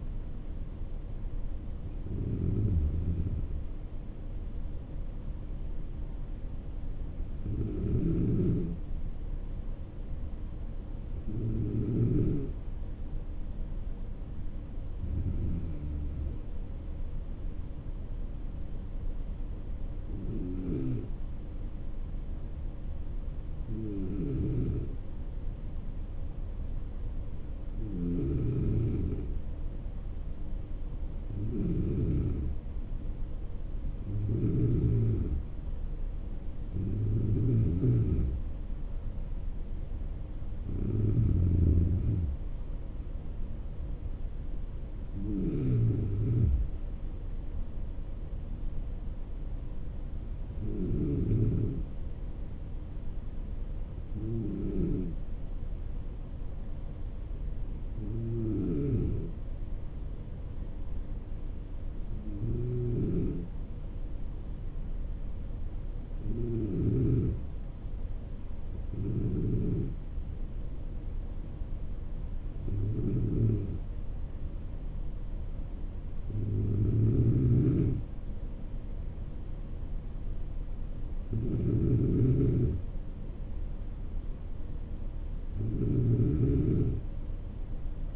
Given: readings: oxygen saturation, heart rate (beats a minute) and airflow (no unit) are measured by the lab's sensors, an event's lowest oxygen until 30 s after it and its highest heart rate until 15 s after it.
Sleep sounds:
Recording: breathing in sleep by a smartphone at the bedside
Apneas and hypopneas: none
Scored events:
none scored
From the record:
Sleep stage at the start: N2 (light sleep)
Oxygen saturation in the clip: 93 to 95%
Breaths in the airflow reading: 22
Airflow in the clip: -6.9 to 8.0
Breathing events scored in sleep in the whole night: 304 in 5.6 hours asleep

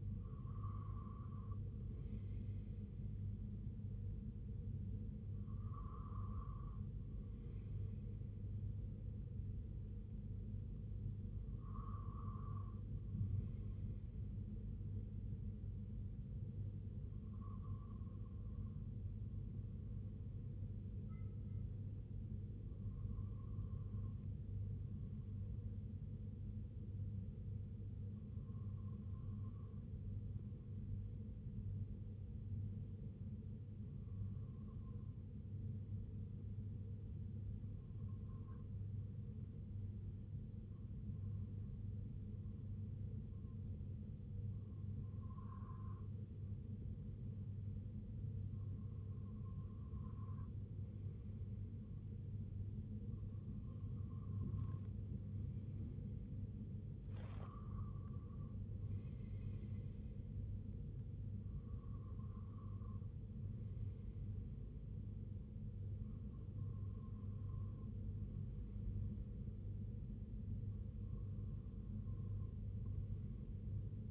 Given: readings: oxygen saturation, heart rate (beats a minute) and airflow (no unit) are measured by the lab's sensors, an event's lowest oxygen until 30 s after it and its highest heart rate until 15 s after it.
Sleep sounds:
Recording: breathing in sleep by a smartphone at the bedside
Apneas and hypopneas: 1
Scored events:
19.00-42.20 s: hypopnea (REM, oxygen 97% highest, then 94% lowest, heart rate 61 at the start, 64 highest)
From the record:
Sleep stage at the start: REM sleep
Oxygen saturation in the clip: 94 to 97%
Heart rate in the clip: 59 to 76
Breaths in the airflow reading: 16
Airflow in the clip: -6.9 to 4.2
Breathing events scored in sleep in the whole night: 258 in 7.4 hours asleep

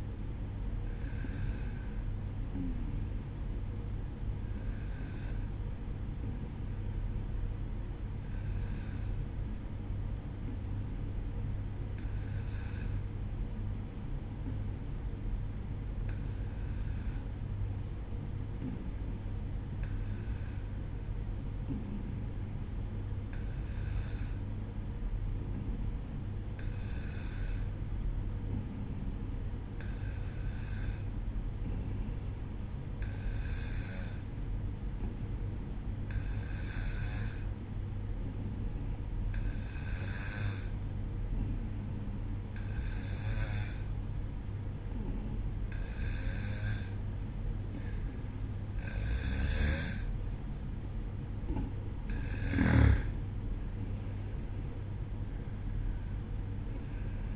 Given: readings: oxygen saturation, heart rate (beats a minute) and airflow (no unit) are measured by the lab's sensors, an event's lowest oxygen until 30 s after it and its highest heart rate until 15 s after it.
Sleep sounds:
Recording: breathing in sleep by a smartphone at the bedside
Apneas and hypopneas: 1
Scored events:
7.00-52.00 s: hypopnea (N1, oxygen 95% highest, then 92% lowest, heart rate 59 at the start, 64 highest)
11.00-57.36 s: new sleep stage, N2 (light sleep)
From the record:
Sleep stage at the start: N1 (lightest sleep)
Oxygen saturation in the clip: 92 to 95%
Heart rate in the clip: 58 to 64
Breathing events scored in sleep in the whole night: 305 in 9.6 hours asleep

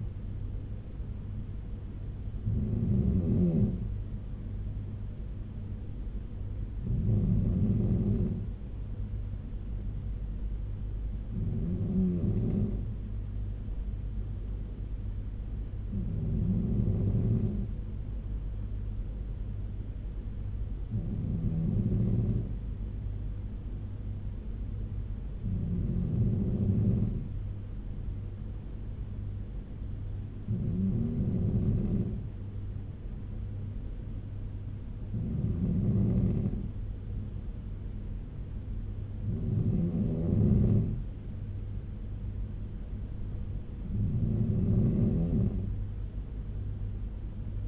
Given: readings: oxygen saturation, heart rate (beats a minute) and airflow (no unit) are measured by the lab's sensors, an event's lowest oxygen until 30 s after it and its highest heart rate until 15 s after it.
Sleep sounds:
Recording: breathing in sleep by a smartphone at the bedside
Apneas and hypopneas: none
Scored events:
none scored
From the record:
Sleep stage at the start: N3 (deep sleep)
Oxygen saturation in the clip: 94 to 95%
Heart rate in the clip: 69 to 78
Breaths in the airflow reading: 10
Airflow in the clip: -4.6 to 3.9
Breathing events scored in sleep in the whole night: 201 in 6.5 hours asleep

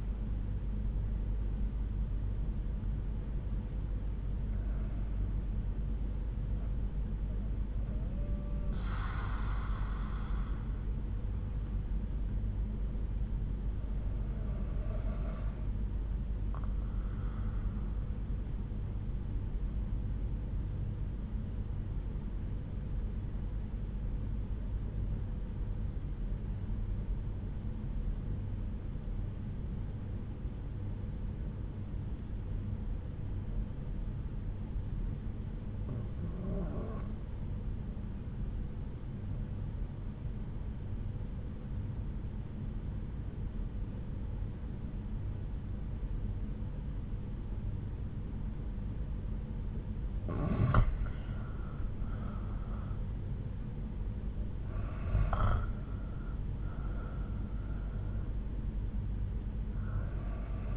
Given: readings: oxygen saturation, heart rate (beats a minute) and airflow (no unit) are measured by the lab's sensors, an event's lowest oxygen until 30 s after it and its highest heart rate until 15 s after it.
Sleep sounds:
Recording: breathing in sleep by a smartphone at the bedside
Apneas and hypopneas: 1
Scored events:
27.00-49.30 s: obstructive apnea (N1, oxygen 97% highest, then 87% lowest)
From the record:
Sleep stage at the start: N1 (lightest sleep)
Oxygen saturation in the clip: 90 to 97%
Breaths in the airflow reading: 5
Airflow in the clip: -10.8 to 11.5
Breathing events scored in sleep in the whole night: 368 in 8.0 hours asleep

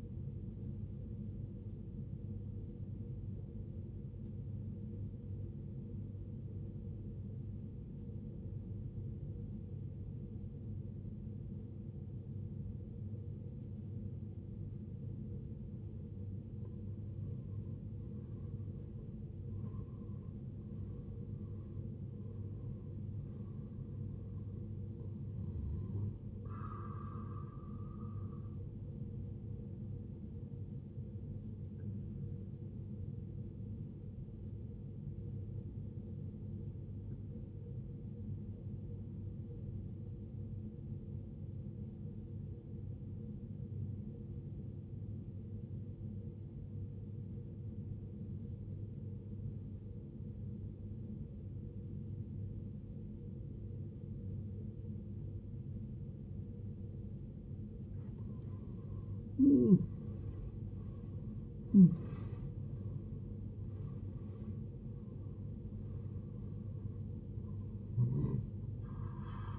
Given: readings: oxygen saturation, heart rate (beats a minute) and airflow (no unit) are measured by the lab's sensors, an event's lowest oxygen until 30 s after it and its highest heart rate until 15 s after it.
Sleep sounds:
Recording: breathing in sleep by a smartphone at the bedside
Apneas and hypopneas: 2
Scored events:
3.00-15.90 s: obstructive apnea (N2, oxygen 95% highest, then 86% lowest, heart rate 54 at the start, 76 highest)
16.00-46.00 s: new sleep stage, N1 (lightest sleep)
35.00-58.20 s: obstructive apnea (N1, oxygen 95% highest, then 83% lowest, heart rate 62 at the start, 80 highest)
46.00-69.58 s: new sleep stage, N2 (light sleep)
From the record:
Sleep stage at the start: N2 (light sleep)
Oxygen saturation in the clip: 84 to 95%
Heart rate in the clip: 53 to 80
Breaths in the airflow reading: 9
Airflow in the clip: -18.8 to 15.9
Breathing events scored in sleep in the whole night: 389 in 6.3 hours asleep

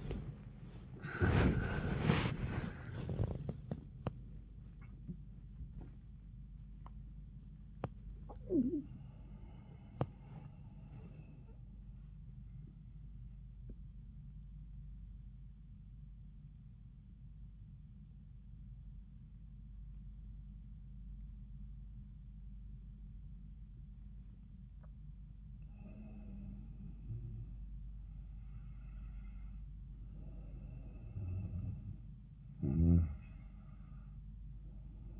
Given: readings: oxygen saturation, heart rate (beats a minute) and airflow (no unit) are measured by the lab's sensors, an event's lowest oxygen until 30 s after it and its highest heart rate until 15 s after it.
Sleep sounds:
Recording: a person awake in a sleep study, by a smartphone at the bedside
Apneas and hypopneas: 1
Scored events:
0.00-27.00 s: awake
12.00-29.20 s: hypopnea (scored as awake, oxygen 97% highest, then 90% lowest)
24.00-35.20 s: new sleep stage, N1 (lightest sleep)
From the record:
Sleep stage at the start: awake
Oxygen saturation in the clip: 84 to 97%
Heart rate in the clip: 57 to 94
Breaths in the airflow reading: 4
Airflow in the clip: -13.8 to 16.6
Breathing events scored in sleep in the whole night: 400 in 8.7 hours asleep

